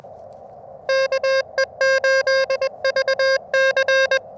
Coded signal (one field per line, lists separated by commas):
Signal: Morse code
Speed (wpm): 20 wpm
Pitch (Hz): 530 Hz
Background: none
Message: KE8VC